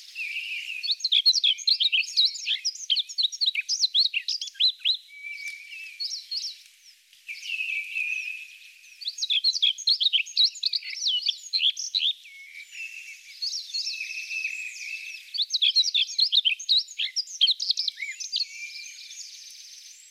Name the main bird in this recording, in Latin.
Luscinia pectoralis